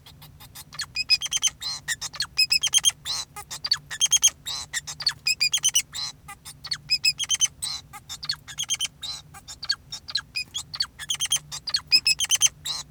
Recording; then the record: song of a male Bengalese finch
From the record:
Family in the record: son of father 2, and himself father 4